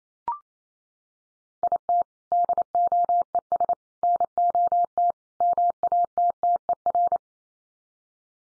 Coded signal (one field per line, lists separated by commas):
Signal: Morse code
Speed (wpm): 28 wpm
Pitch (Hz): 700 Hz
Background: none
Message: IT DOES NOT MATTER